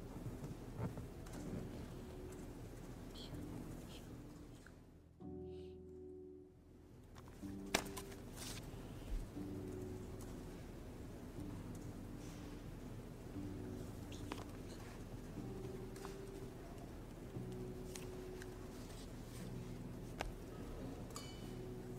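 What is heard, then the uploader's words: A steady low murmur fills the Yale library, dense with overlapping hum and soft room noise. Around five to seven seconds the sound dips and a few tonal low hums stand out. Occasional brief clicks and taps break through, such as a sharp one near eight seconds. Study with me at hogwarts (aka the yale library!).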